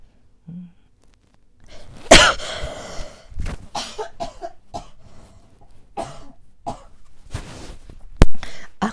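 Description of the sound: An adult woman has a coughing fit while talking on the radio: a sharp first cough, then several smaller coughs and throat clearing, with another sharp cough near the end. The dry air may be the cause, and the coughing then begins to settle.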